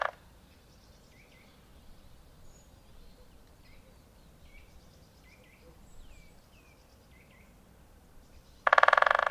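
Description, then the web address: Great spotted woodpecker calls: sharp, high, clipped notes repeated at an uneven pace, then a sudden loud burst of noise at the end. "Madardalok - Nagy fakopáncs"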